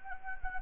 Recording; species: mosquito wingbeat signal from an infrared sensor; Anopheles gambiae